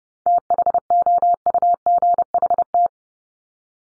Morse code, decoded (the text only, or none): THOUGHT